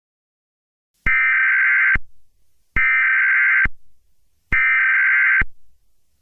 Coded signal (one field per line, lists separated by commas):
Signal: Emergency Alert System (SAME) tones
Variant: header bursts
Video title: eas scenario catemojibabyheat part 16